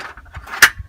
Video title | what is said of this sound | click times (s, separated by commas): Forest River Viking 16FB - Extending the awning | locks in place now we're good to go | 0.6 s